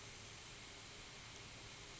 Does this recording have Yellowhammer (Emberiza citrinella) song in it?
no